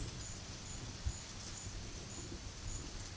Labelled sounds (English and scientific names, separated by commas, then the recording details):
none
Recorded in pastures near Puerto Asís, Putumayo, Colombia, on 4 March 2025 at 12:30
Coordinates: 0.487, -76.322
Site G077